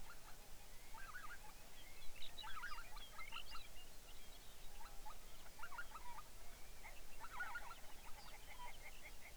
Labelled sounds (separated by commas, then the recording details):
songbird, waterfowl, grouse or ptarmigan
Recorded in the Arctic National Wildlife Refuge, Alaska, on 23 May 2019 at 06:14
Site 49